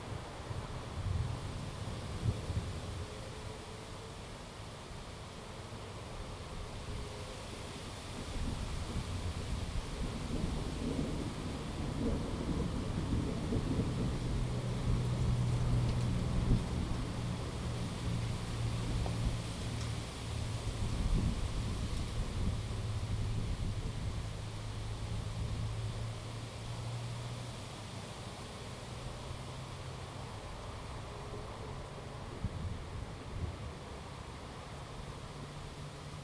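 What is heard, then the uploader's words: A thunderstorm in Salem, Oregon, heard from the Lava Lamp Lounge patio, with a steady hiss of rain throughout. Low rumbling swells and rolls from about ten to twenty-eight seconds, with a deep droning tone underneath, then eases back. Salem Oregon thunderstorm, recorded live from the Lava Lamp Lounge patio. The storm began at roughly 4:30 PM. This is a raw audio recording, made with a ZOOM H2n Recorder. Thunder Storm.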